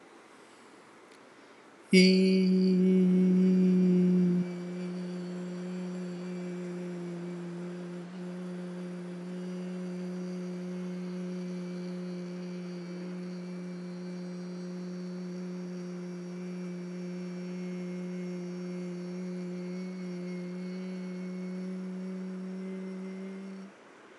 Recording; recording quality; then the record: sustained vowel as in beet; excellent, no background noise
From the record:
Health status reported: healthy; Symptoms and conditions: diabetes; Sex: male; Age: 32 years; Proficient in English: yes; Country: India